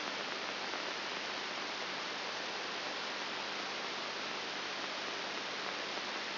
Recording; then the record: brain microelectrode recording played as sound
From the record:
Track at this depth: inside the subthalamic nucleus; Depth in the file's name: 6.1 mm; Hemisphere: right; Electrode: 3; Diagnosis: Parkinson's disease